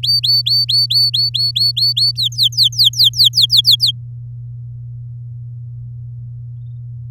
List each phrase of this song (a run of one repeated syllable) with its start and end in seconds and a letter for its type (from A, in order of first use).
0.03-2.12 A, 2.15-3.91 B